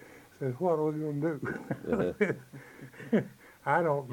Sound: laughs

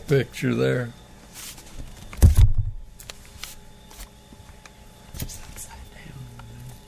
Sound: whispers

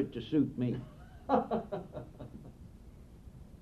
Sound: laughs

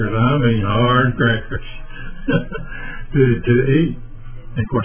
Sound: laughing

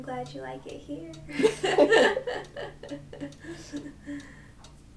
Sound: laughter

